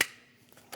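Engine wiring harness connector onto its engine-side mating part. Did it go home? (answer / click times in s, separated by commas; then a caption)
yes / 0.0 s. During valve cover reassembly on a 2010-2015 BMW X1, a plastic electrical connector or harness clip on the engine wiring harness is pushed home onto its engine-side mating part, which runs under the high-pressure fuel pump. One sharp, loud click comes at 0.0 s, followed by quieter small knocks near 0.5 s and 0.7 s. The connector is seated.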